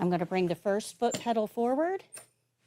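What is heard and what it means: A metal swing-away leg rest and foot pedal on a wheelchair frame is being handled as it is swung forward during a bed-to-wheelchair transfer. Someone talks throughout, with faint handling noise near the end. Nothing has seated or clicked yet.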